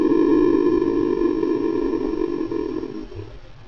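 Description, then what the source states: Red-tailed hawk call: a low, drawn-out, harmonic tone that sounds rough and buzzy, holding level and fading over nearly four seconds. Played slowed down.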